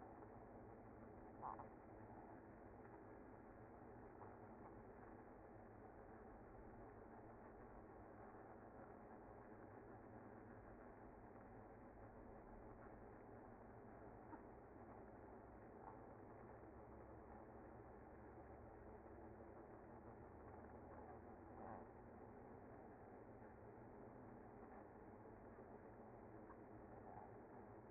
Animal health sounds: honeybee colony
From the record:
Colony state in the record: active

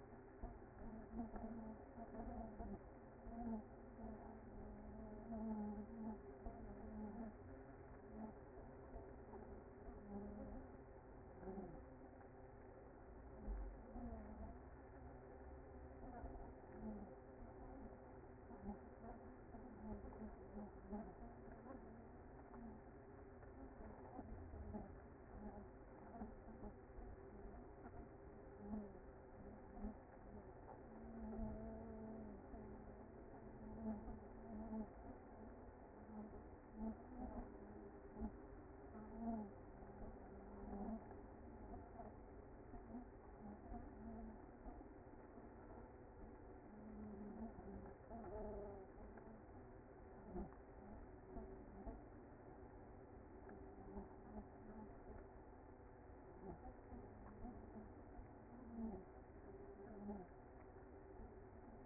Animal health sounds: honeybee colony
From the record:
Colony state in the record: active

